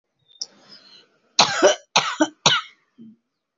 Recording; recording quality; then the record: heavy voluntary cough; excellent, no background noise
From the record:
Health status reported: healthy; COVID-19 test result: negative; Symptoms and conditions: cough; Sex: female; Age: 44 years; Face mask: not worn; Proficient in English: yes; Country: India